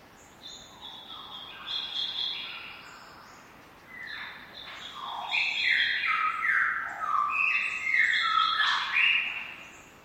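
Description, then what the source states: Lyrebird squawks, a chorus of grating, jumbled calls, sparse at first, then a long, louder stretch of overlapping harsh notes. Several lyrebirds squawking.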